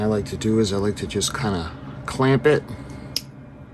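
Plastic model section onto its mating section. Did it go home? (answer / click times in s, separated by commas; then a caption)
yes / 3.2 s. Someone talks while clamping a plastic section of an AGORA Models 1:200 scale R.M.S. Titanic kit (Shipment 22) onto its mating section, lining its little knobs up with the pins. A short, sharp snap rings out at 3.2 s as the section seats, with everything going into place.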